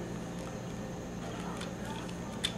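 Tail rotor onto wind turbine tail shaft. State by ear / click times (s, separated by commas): not seated / none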